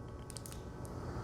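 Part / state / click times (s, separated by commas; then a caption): battery into action camera body / seated / 0.4 s. A removable battery is pushed into the battery bay of a DJI Osmo Action camera until it latches. A few short, sharp ticks sound between 0.3 and 0.5 seconds, with the latching click at 0.4 seconds and one faint tick near 0.9 seconds. The battery is seated and properly installed, with no orange marking showing on either side.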